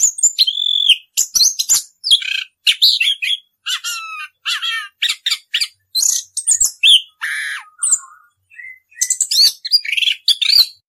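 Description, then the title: Orange-headed thrush song, a rapid medley of sharp high notes, short whistles and buzzy chatter delivered in quick bursts separated by brief gaps. Continuous rolling song style called "ngerol", presented as a master recording for training birds. "suara anis kembang ngerol"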